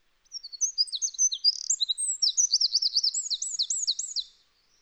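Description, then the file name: Eurasian wren song, a rapid high-pitched run of sharp twittering notes and looping trilled phrases lasting about four seconds, with no other sounds. "Troglodytes troglodytes"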